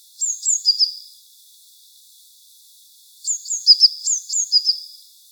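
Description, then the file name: Eurasian blue tit calling: two bursts of thin, high sibilant notes, each sliding down into a short buzzy trill, separated by about two seconds of quiet. "Cyanistes caeruleus"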